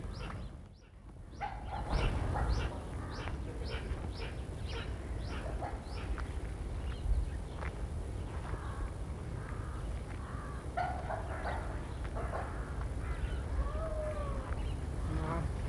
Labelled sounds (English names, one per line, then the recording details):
Dhole
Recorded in captivity
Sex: male
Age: adult
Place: Tierpark Berlin, Berlin, DE
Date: 1963-02-16 15:00
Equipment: Minifon, Kopie Smaragd
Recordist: Tembrock, Günter